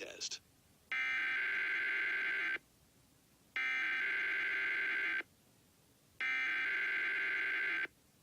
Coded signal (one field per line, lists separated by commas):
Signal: Emergency Alert System (SAME) tones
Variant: header bursts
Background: speech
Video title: KOKZ Required Weekly Test #1 (EAS #75)